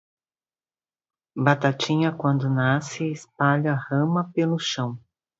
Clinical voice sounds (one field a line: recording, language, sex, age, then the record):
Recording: short text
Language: Brazilian Portuguese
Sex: female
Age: 40 to 49 years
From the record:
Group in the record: control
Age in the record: 49 years